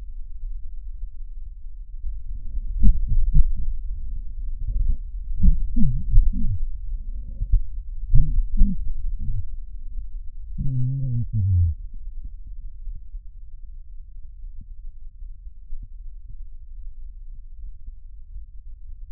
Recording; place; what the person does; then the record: lung sounds by stethoscope; right anterior apical chest; quiet breathing, then cough and speech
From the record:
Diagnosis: COPD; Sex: male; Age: 85 years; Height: 183 cm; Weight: 88 kg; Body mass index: 26.3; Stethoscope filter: bell mode